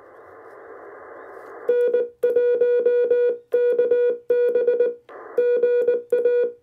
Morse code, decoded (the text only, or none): N1KB GA